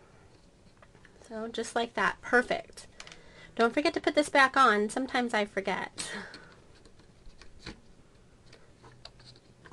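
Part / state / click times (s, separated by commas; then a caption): plastic side cover onto an adhesive transfer tape dispenser / seated / 9.0 s. Someone talks, then, after a new tape roll is loaded, pushes the plastic side cover back onto a Scotch ATG714 adhesive transfer tape dispenser (ATG tape gun). Several small ticks follow, and the sharpest, at 9.1 s, is the cover latching as it locks into place.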